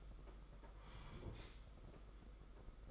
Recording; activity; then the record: daily activity, microphone in the room; sit down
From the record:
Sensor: 5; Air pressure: 991.8 hPa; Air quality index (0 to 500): 142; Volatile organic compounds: 125 ppm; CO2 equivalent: 3904 ppm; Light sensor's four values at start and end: 32/108/40/43 and 32/108/40/43